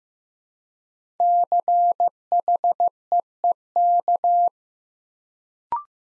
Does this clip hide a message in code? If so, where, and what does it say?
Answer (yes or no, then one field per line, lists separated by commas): yes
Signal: Morse code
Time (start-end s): 1.2-4.5 s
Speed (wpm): 15 wpm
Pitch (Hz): 700 Hz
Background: none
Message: CHEEK